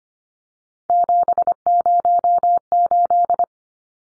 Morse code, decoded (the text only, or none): 708